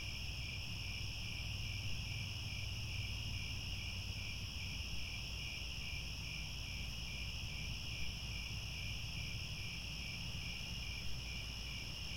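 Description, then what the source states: Cricket chorus of fast, evenly pulsed chirps layered with continuous high trilling, a low hum running beneath. Chorus of crickets at twilight as the sun sets.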